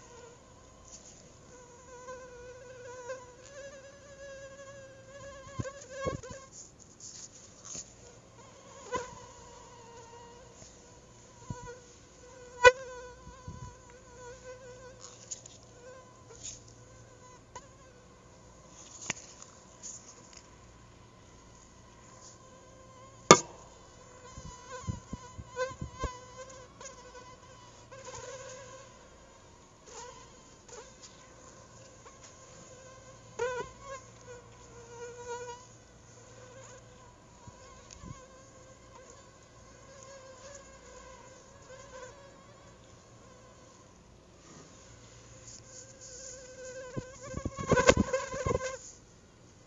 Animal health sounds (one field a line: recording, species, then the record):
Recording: mosquito flight sound by mobile phone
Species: Anopheles arabiensis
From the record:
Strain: Rufisque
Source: CDC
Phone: Google Nexus